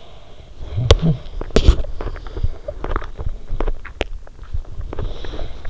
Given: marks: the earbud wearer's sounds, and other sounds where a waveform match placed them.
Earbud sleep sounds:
sounds in sleep by an in-ear microphone; talking in sleep, teeth grinding
0.65-1.27 s: talking in sleep
1.33-5.60 s: teeth grinding

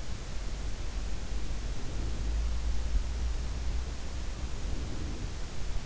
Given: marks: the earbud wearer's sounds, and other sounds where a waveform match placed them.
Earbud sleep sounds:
sounds in sleep by an in-ear microphone; breath
1.53-2.72 s: breath
4.31-5.72 s: breath

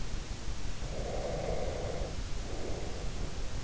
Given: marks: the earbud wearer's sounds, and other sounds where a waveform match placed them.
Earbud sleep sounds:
sounds in sleep by an in-ear microphone; breath
0.83-3.41 s: breath

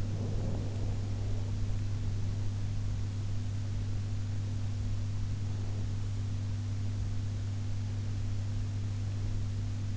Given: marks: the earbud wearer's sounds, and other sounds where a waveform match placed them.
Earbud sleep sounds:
sounds in sleep by an in-ear microphone; breath
0.00-1.51 s: breath

